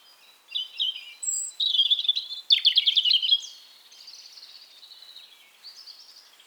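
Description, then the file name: European robin song: a varied high phrase of thin whistles and fast trills around two seconds in, then softer wavering notes trailing off. "Erithacus rubecula"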